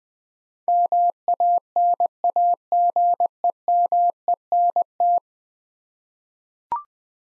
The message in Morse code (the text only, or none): MANAGEMENT